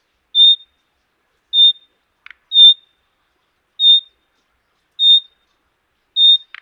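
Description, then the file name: Common nightingale calls: six pure level whistles at intervals of just over a second, with a brief low croak after one of them and another at the end. "Luscinia megarhynchos"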